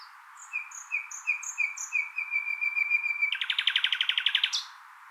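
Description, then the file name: Common nightingale singing: a run of short repeated notes building into a sustained whistle, then a fast, buzzy rattling series of rapid notes ending in a brief burst. "Luscinia megarhynchos"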